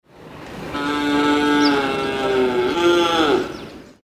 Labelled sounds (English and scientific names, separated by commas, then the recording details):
Domesticated Cattle (Bos taurus)
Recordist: Tembrock, Günter
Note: Langruf